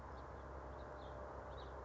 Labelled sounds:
House Finch (Haemorhous mexicanus)
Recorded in Sonoma County, California

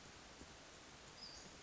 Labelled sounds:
Western Flycatcher (Empidonax difficilis)
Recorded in Sonoma County, California

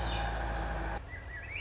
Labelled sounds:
Swainson's Thrush (Catharus ustulatus)
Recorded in Sonoma County, California

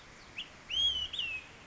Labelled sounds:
Olive-sided Flycatcher (Contopus cooperi)
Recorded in Sonoma County, California

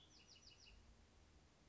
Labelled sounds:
Bewick's Wren (Thryomanes bewickii)
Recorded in Sonoma County, California

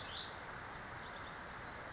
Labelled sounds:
Western Flycatcher (Empidonax difficilis)
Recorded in Sonoma County, California

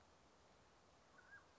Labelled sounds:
Mountain Quail (Oreortyx pictus)
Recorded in Sonoma County, California

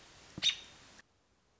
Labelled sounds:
American Robin (Turdus migratorius)
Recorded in Sonoma County, California

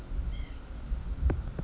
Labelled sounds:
White-breasted Nuthatch (Sitta carolinensis)
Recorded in Sonoma County, California

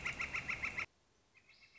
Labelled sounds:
Northern Flicker (Colaptes auratus)
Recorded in Sonoma County, California

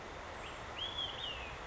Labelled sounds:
Olive-sided Flycatcher (Contopus cooperi)
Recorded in Sonoma County, California

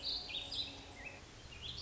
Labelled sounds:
Warbling Vireo (Vireo gilvus)
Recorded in Sonoma County, California

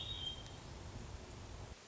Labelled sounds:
Hermit Thrush (Catharus guttatus)
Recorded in Sonoma County, California

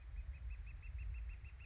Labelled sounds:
Northern Flicker (Colaptes auratus)
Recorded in Sonoma County, California

